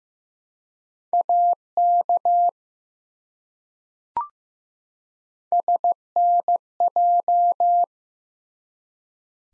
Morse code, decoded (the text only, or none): AK SNJ